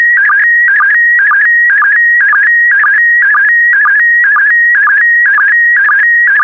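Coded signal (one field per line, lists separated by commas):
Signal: SSTV (slow-scan television)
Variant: PD120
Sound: warbling tone near 1.9 kHz, regular low chirp about twice per second, 13 lines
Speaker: Five, four, three, two, one. Thank you. Transmission complete. You can now check your decoded image against the picture that is shown on the video.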